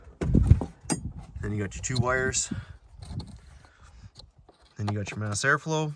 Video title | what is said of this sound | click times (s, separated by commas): L5P Duramax: Downpipe Install + EGR Block-Off - Step By Step | Once you get it lined up there, give it a good shove down, it'll pop into place. | 0.9 s